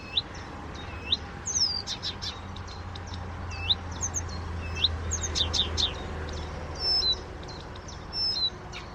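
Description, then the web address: Blyth's reed warbler song of mixed whistles, clicks and short chattering notes, somewhat uneven, with a low rumble underneath. "chant didier collin rousserolle des buissons"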